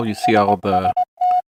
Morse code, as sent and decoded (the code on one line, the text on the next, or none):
... ... -
SST